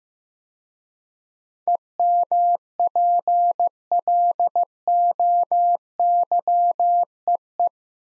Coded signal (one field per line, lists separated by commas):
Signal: Morse code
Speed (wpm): 15 wpm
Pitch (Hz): 700 Hz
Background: none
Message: EMPLOYEE